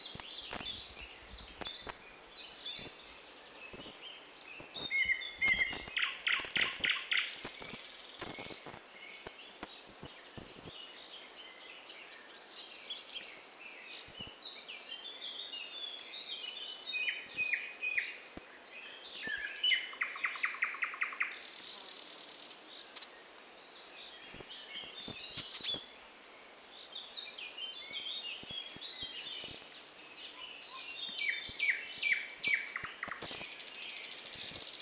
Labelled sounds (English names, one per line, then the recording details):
Thrush Nightingale song
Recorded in the wild
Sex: male
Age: adult
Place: Borawskie, Podlaskie Voivodeship, PL
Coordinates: 53.4448, 22.4516
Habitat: deciduous forest
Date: 2016-05-29 10:30
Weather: clear sky, moderate wind
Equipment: Marantz PMD660 recorder, Sennheiser ME67 directional microphone
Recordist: Souriau, Abel